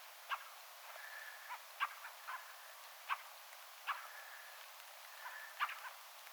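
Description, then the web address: Fieldfare clicks at irregular intervals, mixed with thin, level, drawn-out tones between them. Attention-seeking calls of one fieldfare, with a second and a third fieldfare calling in the background; recorded 17 December 2024. "paivat 17 12 2024 rakattirastaan huomioaantelya taustalla toinen ja kolmaskin rakattirastas"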